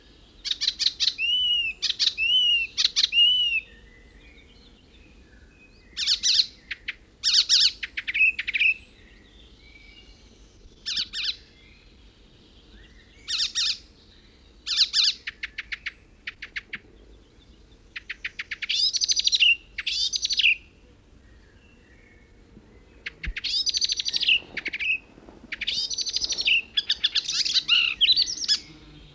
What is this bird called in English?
Icterine Warbler